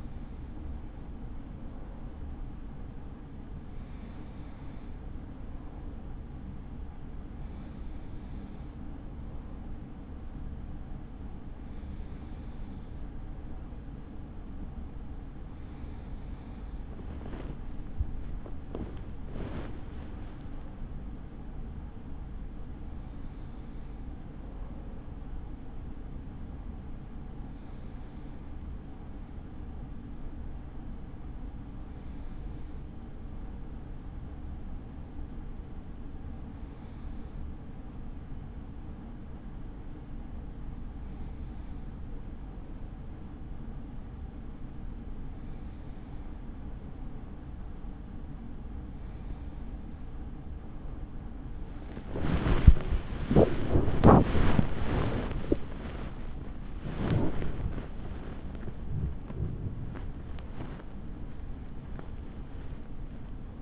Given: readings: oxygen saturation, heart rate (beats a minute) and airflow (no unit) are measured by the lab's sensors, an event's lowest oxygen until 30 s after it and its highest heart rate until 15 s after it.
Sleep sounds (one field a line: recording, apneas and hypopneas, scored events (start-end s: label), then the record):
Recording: breathing in sleep by a smartphone at the bedside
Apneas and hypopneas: 2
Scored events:
4.00-20.20 s: hypopnea (N2, oxygen 95% highest, then 95% lowest, heart rate 69 at the start, 69 highest)
9.00-63.62 s: new sleep stage, N1 (lightest sleep)
27.00-54.40 s: hypopnea (N1, oxygen 96% highest, then 96% lowest, heart rate 69 at the start, 79 highest)
From the record:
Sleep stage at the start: N2 (light sleep)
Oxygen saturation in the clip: 94 to 96%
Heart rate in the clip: 41 to 74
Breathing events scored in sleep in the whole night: 83 in 6.1 hours asleep